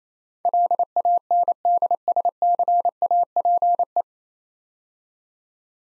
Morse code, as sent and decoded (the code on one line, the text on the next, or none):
.-.. .- -. -.. ... -.-. .- .--. .
LANDSCAPE